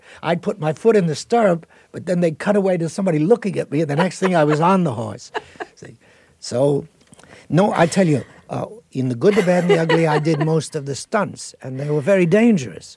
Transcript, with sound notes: I'd put my foot in the stirrup, but then they'd cut away to somebody looking at me.
(Laughter).
And the next thing, I was on the horse. So no, I tell you...
(Laughter).
...In "The Good, The Bad And The Ugly," I did most of the stunts, and they were very dangerous.